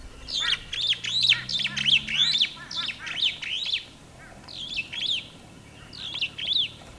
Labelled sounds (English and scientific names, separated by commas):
Superb Starling (Lamprotornis superbus) flight call